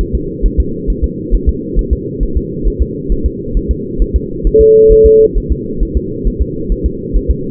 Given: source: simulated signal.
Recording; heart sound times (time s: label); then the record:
fetal heart sounds
0.01 s: S1
0.15 s: S2
0.46 s: S1
0.60 s: S2
0.90 s: S1
1.04 s: S2
1.34 s: S1
1.49 s: S2
1.79 s: S1
1.93 s: S2
2.23 s: S1
2.37 s: S2
2.68 s: S1
2.82 s: S2
3.12 s: S1
3.26 s: S2
3.57 s: S1
3.71 s: S2
4.02 s: S1
4.16 s: S2
4.47 s: S1
4.61 s: S2
4.92 s: S1
5.06 s: S2
5.38 s: S1
5.52 s: S2
5.83 s: S1
5.97 s: S2
6.28 s: S1
6.42 s: S2
6.72 s: S1
6.86 s: S2
7.16 s: S1
7.31 s: S2
From the record:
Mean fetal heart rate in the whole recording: 135 bpm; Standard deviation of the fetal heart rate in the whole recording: 3 bpm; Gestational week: 36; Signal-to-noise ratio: -6.6 dB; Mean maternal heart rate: 72 bpm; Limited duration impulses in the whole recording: present